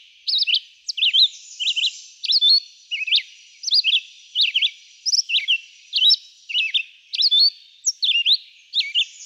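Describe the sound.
Red-eyed vireo song of clipped, sweet whistled phrases, each a quick up- or down-slur, repeated with short pauses.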